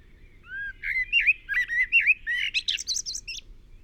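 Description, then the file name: Common blackbird singing one flowing phrase of rich, warbled whistles that climbs into a thin, scratchy twitter at the end. "Turdus merula"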